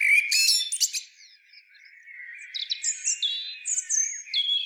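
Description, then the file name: Common blackbird song: a loud, squeaky twitter burst, a soft warble, then a series of thin, high whistled notes. "Turdus merula"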